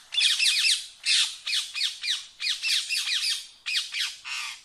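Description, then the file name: Rose-ringed parakeet screeching continuously, harsh descending squawks run together in rapid bursts with hardly any pause. "Canto do periquito indiano"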